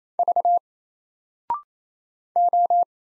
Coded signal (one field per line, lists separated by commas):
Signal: Morse code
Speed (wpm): 28 wpm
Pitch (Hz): 700 Hz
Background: none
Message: V O